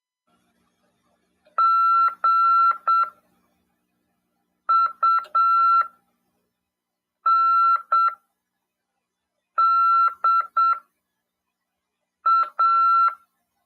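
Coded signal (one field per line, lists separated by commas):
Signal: Morse code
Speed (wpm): 7 wpm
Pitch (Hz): 1350 Hz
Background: none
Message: GUNDA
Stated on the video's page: Ham radio class lesson on CW, broadcast over FM 146.410 MHz.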